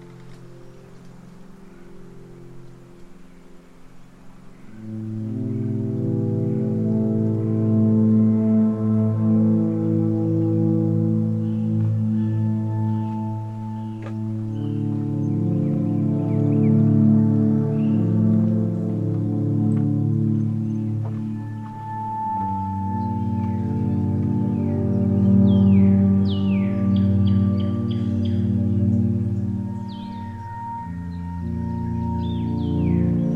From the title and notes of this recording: The Corkscrew Swamp Sanctuary boardwalk leads visitors through a gentle and pristine wetland wilderness.